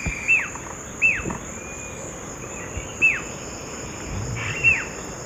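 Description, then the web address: White-chinned jacamar uttering four piercing downslurred whistles spaced irregularly, from under a second to about two seconds apart, with a continuous high-pitched insect hum behind. Call; eastern lowlands of South America. "Natures Songs S America Eastern Lowlands. Galbula albirostris, call"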